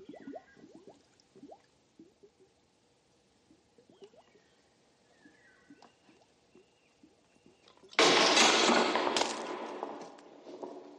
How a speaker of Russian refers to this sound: На белую стену храма летит грязь.